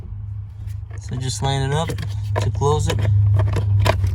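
A plastic fuse box cover is being lined up against the interior fuse panel of a 2005–2009 Ford Mustang while someone talks over a steady low hum. Faint handling taps and brief clicks of plastic are heard. Nothing has seated or clicked yet.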